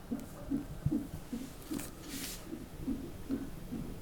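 Steady, rapid whooshing thumps at about 146 a minute: a fetal heartbeat picked up by Doppler on a CTG monitor during labour.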